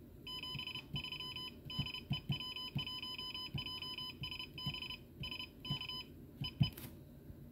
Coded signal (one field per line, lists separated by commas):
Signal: Morse code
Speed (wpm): 30 wpm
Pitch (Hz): 3000 Hz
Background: none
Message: 73 DE W1JSB SK EE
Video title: CapKey touch keying (Morse) by RadioSet-GO